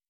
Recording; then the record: hydrophone in a shrimp aquaculture tank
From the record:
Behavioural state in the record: normal